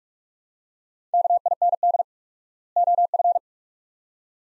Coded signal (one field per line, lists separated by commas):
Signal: Morse code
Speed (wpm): 44 wpm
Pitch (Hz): 700 Hz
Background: none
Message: KIND OF